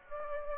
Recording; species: mosquito wingbeat signal from an infrared sensor; Aedes aegypti